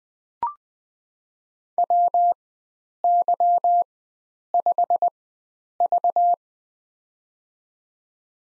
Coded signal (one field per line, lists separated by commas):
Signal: Morse code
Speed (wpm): 20 wpm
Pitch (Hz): 700 Hz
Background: none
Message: WY5V